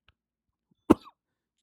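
A single short, sharp adult cough in a quiet room, from choking on their own spit.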